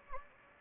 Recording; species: mosquito wingbeat signal from an infrared sensor; Anopheles gambiae